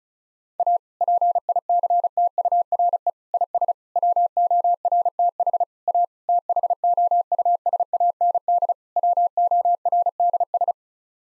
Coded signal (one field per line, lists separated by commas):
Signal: Morse code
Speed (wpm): 36 wpm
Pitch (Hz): 700 Hz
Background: none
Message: A PICTURE IS WORTH A THOUSAND WORDS